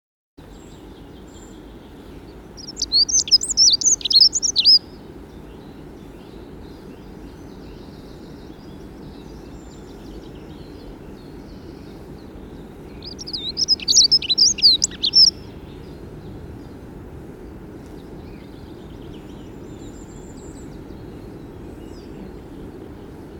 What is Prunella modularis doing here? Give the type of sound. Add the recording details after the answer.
song. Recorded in the wild. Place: Sinaia, Transilvania, RO. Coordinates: 45.331, 25.562. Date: 1976-05-27. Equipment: Nagra III BH, Sennheiser MD 21, parabola. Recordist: Schubert, Michael. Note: Gesang Heckenbraunelle